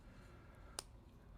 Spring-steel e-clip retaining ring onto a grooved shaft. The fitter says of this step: like that you can see how that snaps